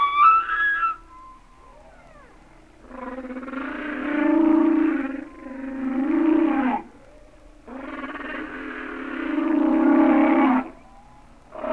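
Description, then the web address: Humpback whale song: a brief higher cry, then long harmonic moaning units separated by short pauses. "Whale Songs Sounds of Nature - Humpback Whales"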